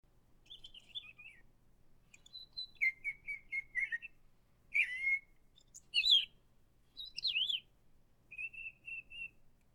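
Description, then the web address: Bird chirping in short separate phrases, with whistled slurred notes, quick repeated pips and sharp high chips spaced over several seconds, and a faint low hum underneath. "natural bird chirping sound"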